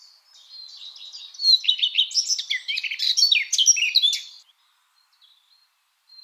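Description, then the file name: Eurasian blackcap singing a fast, scratchy warble that swells into loud, varied chattering notes, then stops abruptly, leaving near silence. "Sylvia atricapilla"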